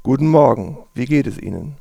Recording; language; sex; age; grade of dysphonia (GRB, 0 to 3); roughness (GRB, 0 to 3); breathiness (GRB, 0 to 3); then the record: spoken sentence; German; male; 40 to 49 years; 3; 3; 1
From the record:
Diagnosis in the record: hyperfunctional dysphonia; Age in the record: 45 years